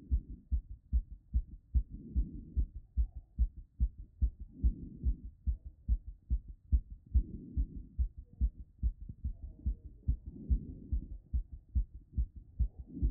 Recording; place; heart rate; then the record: heart sounds by stethoscope; Erb's point; 141 bpm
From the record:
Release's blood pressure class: elevated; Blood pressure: 129/77 mmHg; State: after exercise